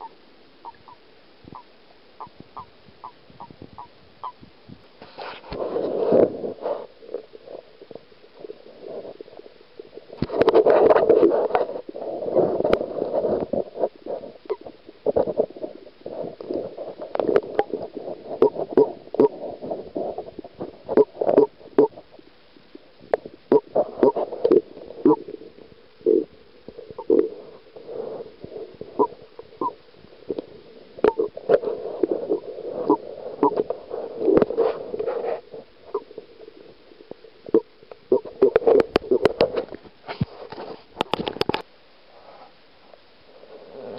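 Common toads call in a breeding chorus, a dense run of low, gurgling croaks and trills clustered in the lower middle range. The calling swells in bursts around 5, 10–14 and 38–41 seconds, with sharp clicks and splashes scattered throughout.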